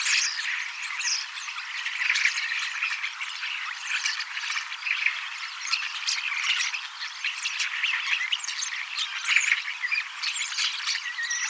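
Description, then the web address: Several common starlings singing at once, a continuous jumble of creaky chatter, clicks and short whistled notes. Young birds, 18 October 2024, practising song and mimicking several species a little. "paivat 18 10 2024 kasittaakseni kottaraisnuoret laulavat lauluharjoittelevat useita lajeja matkivat hiukan"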